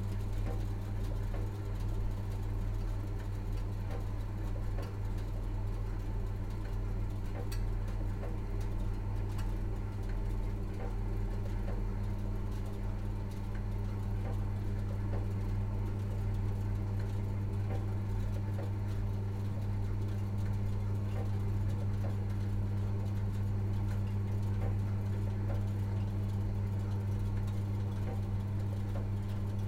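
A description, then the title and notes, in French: A boiler hums steadily, a deep, constant drone with a strong low throb and a fainter buzzing layer above it that never changes over the whole stretch. Small faint ticks and rattles come and go, with one sharper click near seven seconds. Ma chaudière ronronne, cliquète.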